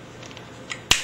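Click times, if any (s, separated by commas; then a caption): 0.9 s. A previously used BonDuit conduit adhesive cartridge, its nozzle still on, is slid into the dispensing gun's holder and pushed home. After faint taps around 0.3 s and a small tick at 0.7 s, a sharp, loud snap rings out at 0.9 s as the cartridge seats into the gun.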